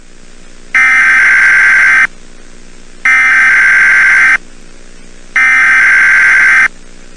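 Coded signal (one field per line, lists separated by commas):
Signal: Emergency Alert System (SAME) tones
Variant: header bursts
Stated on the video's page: Fictional EAS scenario movie, made purely for entertainment.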